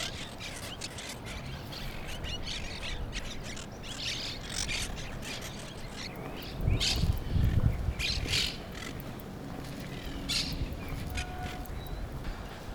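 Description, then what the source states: Monk parakeets giving harsh, scratchy squawks in an irregular, overlapping chatter over a steady low rumble. Parrots recorded in Brooklyn.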